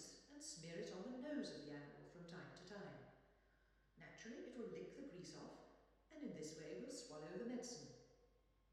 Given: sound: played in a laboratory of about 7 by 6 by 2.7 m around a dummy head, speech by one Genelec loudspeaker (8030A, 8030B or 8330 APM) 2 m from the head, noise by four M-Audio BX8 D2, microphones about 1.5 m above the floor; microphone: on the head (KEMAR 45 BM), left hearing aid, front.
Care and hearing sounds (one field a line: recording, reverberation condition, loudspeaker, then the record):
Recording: female speech in English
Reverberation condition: high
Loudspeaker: in front (0 degrees)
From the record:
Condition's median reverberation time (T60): about 1300 ms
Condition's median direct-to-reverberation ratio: about -4.0 dB